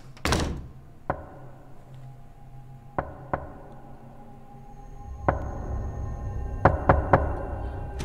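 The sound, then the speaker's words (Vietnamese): Knocking on the door of a study at night: sharp, solid raps come singly and in small irregular clusters, the last three quicker together, over a low steady background hum with no voices. “Tiếng gõ cửa vang lên ở bên ngoài, rõ mồn một.”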